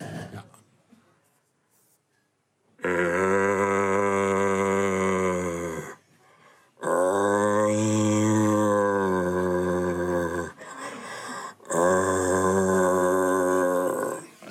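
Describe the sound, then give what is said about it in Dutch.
A person imitates the roar of a searching rutting stag in three long, loud, harmonic bellows, each a few seconds of deep, groaning, throaty voice, with short pauses between and no other talk. “Dat is namelijk het zoekend hert. Het zoekend hert. Die heeft dan een burrel, waar hij dus een beetje bepaalt, jongens, is er.”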